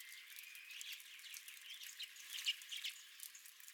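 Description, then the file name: Redpoll calls, a thin rising whistled note at the start, then a few short sharp chips and twitters. Redpolls at the recordist's own feeder. "Redpolls at My Feeder"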